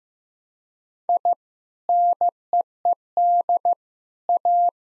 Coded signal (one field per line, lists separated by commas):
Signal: Morse code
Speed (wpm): 15 wpm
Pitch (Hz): 700 Hz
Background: none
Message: I NEED A